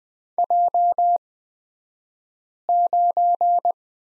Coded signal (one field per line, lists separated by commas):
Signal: Morse code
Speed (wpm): 20 wpm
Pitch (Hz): 700 Hz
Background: none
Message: J9